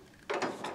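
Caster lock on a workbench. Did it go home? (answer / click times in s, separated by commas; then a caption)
no / none. The homemade locking mechanism on a workbench caster is handled. After about 0.3 s of near quiet, bursts of mechanical rattling and ratchet-like scraping follow from about 0.3 s to 0.8 s. Nothing has seated or engaged yet.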